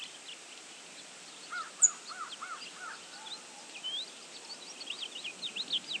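American tree sparrow song: a series of lower wavering notes with a sharp tick, then a quick run of high, sliding notes near the end.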